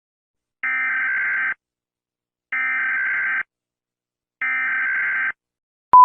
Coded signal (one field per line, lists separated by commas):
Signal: Emergency Alert System (SAME) tones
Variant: header bursts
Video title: EAS Scenario - The Happy Bear (PART 7 - FINAL) Collaboration with @pierosebastiani-eas